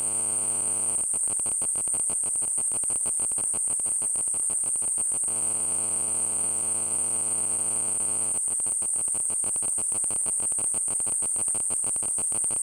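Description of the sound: Simulated tinnitus: a steady, very high-pitched ringing tone sounding throughout, over a rapid, rhythmic pulsing crackle of about two beats per second.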